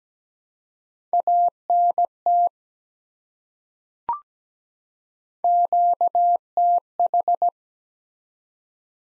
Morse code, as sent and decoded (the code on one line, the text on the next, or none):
.- -. - / --.- - ....
ANT QTH